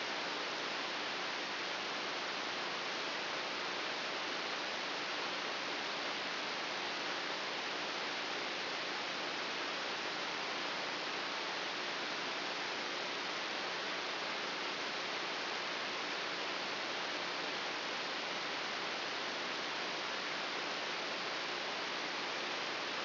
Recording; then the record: brain microelectrode recording played as sound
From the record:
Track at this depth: inside the subthalamic nucleus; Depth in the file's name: 3.602 mm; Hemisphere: right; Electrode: 3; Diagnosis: Parkinson's disease